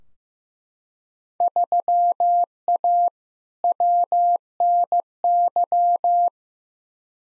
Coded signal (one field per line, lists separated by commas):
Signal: Morse code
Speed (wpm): 15 wpm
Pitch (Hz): 700 Hz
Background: none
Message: 3A WNY